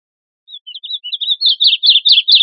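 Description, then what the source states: Bird giving high chirping notes that start soft and scattered, then speed up and grow louder into a rapid, even run. Recorded 21 July 2002.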